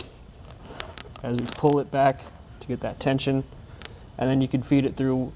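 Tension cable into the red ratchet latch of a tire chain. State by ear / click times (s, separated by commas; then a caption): seated / 0.5 s, 0.8 s, 1.0 s. The assisted-tension cable of a steel Konig Commercial Truck snow tire chain, being mounted on a 2021 Chrysler Pacifica, is fed through the red ratchet latch and pulled back to take up tension. Sharp metallic clicks sound at 0.5, 0.8 and 1.0 seconds, then someone talks. The latch clicks and the cable is seated under tension.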